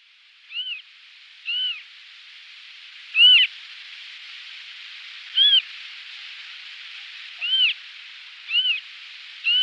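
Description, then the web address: Western marsh harrier calls, thin arched whistled notes given singly at irregular intervals over a steady hiss of background noise. "Faglar Sound Brunkarrhok"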